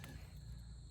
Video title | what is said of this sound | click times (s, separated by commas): How to Replace Purge Valve Jeep Grand Cherokee | It should snap in just like that. | 0.0 s